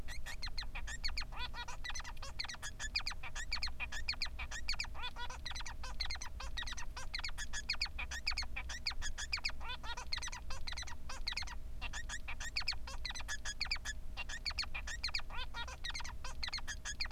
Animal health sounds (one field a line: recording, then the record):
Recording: song of a male Bengalese finch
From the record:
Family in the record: son of father 3